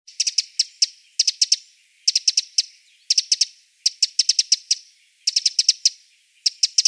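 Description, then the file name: Eurasian wren calls: sharp, dry ticking notes in quick bursts of several, the bursts coming roughly every second, with nothing else heard. "Troglodytes troglodytes"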